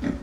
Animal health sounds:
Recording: pig call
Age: growing-finishing pig (85 days or more)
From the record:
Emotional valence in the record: negative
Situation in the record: barren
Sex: male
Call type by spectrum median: low-frequency call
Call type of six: low-frequency stable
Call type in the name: low-frequency stable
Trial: 2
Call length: 0.22 s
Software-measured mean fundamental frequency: 46 Hz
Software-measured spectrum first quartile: 194 Hz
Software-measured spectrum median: 286 Hz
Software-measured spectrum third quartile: 592 Hz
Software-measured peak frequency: 271 Hz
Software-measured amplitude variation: 214 dB a second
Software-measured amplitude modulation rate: 20.3 a second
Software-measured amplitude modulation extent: 10.5 dB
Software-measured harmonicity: 2.9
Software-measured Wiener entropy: -0.77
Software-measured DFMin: 1066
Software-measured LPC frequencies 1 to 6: 297, 1125, 1831, 3460, 4835, 5730 Hz

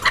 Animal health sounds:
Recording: pig call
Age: piglet (1 to 25 days)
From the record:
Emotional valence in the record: positive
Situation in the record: reunion after long isolation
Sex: male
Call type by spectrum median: low-frequency call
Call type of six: low-frequency tonal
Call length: 0.11 s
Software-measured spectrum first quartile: 1249 Hz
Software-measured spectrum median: 1889 Hz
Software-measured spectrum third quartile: 2562 Hz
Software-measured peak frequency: 1980 Hz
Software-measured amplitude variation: 154 dB a second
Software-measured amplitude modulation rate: 13.5 a second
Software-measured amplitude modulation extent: 11.4 dB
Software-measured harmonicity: 3.1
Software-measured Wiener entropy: -1.45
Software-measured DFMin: 871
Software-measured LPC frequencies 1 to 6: 1105, 1962, 3144, 4076, 5751, 6298 Hz

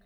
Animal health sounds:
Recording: pig call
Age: piglet (1 to 25 days)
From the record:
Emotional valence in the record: positive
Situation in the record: short reunion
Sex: female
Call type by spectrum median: low-frequency call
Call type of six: low-frequency tonal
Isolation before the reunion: 3 minutes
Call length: 0.05 s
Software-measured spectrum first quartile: 113 Hz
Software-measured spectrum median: 427 Hz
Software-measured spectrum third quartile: 1756 Hz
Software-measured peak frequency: 29 Hz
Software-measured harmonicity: 1.5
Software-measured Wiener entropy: -1.41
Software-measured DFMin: 547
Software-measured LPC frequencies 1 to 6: 478, 1752, 2640, 3772, 4203, 5406 Hz

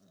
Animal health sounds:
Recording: pig call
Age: piglet (1 to 25 days)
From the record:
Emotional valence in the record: positive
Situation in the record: short reunion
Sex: female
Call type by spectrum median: low-frequency call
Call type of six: low-frequency modulated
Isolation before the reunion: 3 minutes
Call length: 0.11 s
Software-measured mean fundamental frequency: 53 Hz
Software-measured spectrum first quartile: 227 Hz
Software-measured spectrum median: 646 Hz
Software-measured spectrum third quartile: 4459 Hz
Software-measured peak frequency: 182 Hz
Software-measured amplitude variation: 44 dB a second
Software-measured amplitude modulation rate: 9.4 a second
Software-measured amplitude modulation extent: 4.7 dB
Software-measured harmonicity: 6.8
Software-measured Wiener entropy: -3.25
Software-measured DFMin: 956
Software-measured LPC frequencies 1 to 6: 1512, 2999, 3810, 4674, 5738, 6589 Hz

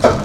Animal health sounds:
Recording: pig call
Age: growing-finishing pig (85 days or more)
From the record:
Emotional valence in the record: positive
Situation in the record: run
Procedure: transit

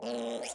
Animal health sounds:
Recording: pig call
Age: piglet (1 to 25 days)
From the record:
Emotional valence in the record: negative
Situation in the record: restrain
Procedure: in the arms of a person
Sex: male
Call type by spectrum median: low-frequency call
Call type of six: mixed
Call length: 0.56 s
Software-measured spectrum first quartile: 488 Hz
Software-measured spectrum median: 973 Hz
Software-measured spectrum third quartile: 5053 Hz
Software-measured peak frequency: 590 Hz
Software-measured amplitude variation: 91 dB a second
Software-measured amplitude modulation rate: 22.5 a second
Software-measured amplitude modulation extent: 4.1 dB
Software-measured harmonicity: 0.6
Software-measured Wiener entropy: -3.17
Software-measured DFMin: 1050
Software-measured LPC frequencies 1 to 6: 571, 2383, 3009, 3625, 5107, 7101 Hz

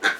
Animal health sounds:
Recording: pig call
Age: piglet (1 to 25 days)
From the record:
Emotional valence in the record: negative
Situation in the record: missed nursing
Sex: male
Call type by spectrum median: low-frequency call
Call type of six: low-frequency modulated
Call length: 0.19 s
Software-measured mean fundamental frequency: 72 Hz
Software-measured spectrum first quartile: 1404 Hz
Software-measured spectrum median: 1703 Hz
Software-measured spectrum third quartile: 2902 Hz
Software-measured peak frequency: 1549 Hz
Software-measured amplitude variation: 203 dB a second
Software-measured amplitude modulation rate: 7.9 a second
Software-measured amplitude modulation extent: 25.8 dB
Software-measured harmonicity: 2.8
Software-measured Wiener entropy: -1.52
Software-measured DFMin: 1817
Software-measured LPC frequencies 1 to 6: 729, 1547, 3484, 5973, 6645, 7370 Hz

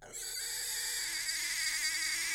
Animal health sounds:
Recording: pig call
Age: weaner (32 to 43 days)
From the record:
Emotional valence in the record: negative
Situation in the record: restrain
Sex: male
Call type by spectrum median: high-frequency call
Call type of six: high-frequency stable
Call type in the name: high-frequency stable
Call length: 2.4 s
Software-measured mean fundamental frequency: 365 Hz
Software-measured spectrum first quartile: 3119 Hz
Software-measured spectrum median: 5089 Hz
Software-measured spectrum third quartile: 7983 Hz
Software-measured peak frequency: 4676 Hz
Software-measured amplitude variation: 75 dB a second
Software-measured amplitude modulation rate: 25.5 a second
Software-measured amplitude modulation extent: 2.9 dB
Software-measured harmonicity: 1.3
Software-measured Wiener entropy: -1.62

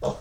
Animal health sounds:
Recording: pig call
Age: piglet (1 to 25 days)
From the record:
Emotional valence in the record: negative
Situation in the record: restrain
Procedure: in the arms of a person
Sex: male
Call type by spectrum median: low-frequency call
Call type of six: low-frequency stable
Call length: 0.21 s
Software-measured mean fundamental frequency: 50 Hz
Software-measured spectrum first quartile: 331 Hz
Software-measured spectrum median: 545 Hz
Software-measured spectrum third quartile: 763 Hz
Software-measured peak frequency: 609 Hz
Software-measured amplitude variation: 158 dB a second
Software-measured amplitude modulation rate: 11.7 a second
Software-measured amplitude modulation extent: 13.5 dB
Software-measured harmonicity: 2.1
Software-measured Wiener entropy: -0.76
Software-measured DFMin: 1331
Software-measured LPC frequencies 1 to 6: 576, 3464, 5538, 6292, 7160, 8616 Hz

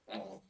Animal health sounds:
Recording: pig call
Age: piglet (1 to 25 days)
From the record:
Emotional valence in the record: negative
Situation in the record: restrain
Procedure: back test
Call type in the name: low-frequency call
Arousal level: low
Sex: male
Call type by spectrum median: low-frequency call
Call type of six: low-frequency stable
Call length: 0.51 s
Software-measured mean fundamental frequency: 72 Hz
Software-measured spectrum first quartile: 462 Hz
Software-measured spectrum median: 792 Hz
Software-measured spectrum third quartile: 2633 Hz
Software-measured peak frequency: 581 Hz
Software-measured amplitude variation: 174 dB a second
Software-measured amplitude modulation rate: 13.8 a second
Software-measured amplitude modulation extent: 12.6 dB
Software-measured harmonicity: 1.8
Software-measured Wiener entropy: -2.10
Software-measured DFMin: 615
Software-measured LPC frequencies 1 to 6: 637, 1815, 2671, 3862, 6056, 7005 Hz

